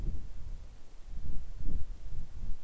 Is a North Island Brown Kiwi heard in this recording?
no